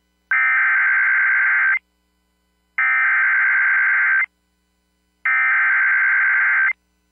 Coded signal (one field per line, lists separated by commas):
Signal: Emergency Alert System (SAME) tones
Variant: header bursts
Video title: DEEP SOUTH MAYHEM | EAS Alerts from June 14th, 2023 (EAS #2595-2630)